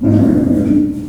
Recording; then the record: squeal of a Yucatan mini pig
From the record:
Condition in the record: after surgery on the right vocal fold (resection and tissue-engineered implant); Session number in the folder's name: 5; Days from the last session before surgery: 33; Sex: female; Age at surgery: 19 weeks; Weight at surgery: 25 kg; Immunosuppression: prednisolone